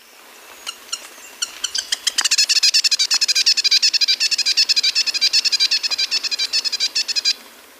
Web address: Natures Songs S America Birds of Ecuador Grass-green Tanager